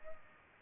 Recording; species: mosquito wingbeat signal from an infrared sensor; Culex pipiens